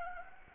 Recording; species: mosquito wingbeat signal from an infrared sensor; Anopheles gambiae